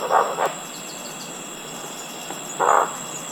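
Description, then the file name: Moluccan scops owl with two rough, hoarse notes near the start, then a long pause and one more croaking note, over a low constant hiss. Subspecies albiventris. "Otus magicus albiventris song"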